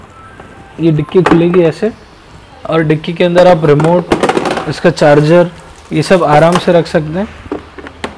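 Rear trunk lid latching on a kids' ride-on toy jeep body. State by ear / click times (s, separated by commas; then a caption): seated / 8.0 s. Someone talks while showing the plastic rear trunk lid of a red 12V 4X4 electric kids' ride-on Wrangler jeep (HZL-1188, with remote control), which has room inside for the remote and charger. The lid is closed and latches shut with a sharp snap at 8.0 s, preceded by two small taps at about 7.8 and 7.9 s.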